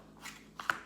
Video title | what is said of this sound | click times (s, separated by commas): N82 Tactical first impressions | it kind of locks in place they want you to actually twist it and then pull it out I like | 0.6 s, 0.7 s